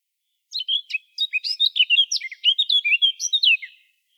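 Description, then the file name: Eurasian blackcap singing a fast, varied warble of high chirps and slurred notes, delivered in a dense burst of about three seconds. "Sylvia atricapilla"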